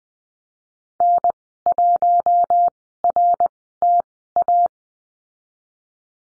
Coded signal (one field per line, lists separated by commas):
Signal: Morse code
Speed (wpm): 20 wpm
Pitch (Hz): 700 Hz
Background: none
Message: N1RTA